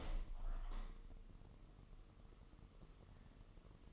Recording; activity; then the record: daily activity, microphone in the room; open window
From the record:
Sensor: 4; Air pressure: 1000.8 hPa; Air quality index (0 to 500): 244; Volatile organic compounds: 41 ppm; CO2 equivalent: 3164 ppm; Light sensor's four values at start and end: 9/20/8/7 and 9/20/8/8